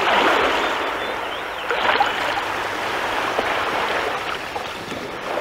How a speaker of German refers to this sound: Und während sie Zukunftspläne schmiedeten, schauten sie auf das Meer hinaus, und die großen und kleinen Wellen rauschten dazu an den Landesgrenzen.